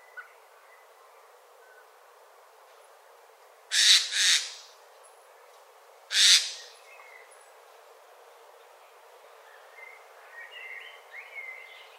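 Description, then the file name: Eurasian jay giving harsh rasping screeches, a double screech then a single one a few seconds later, with faint thin calls of other birds near the end. "Garrulus glandarius"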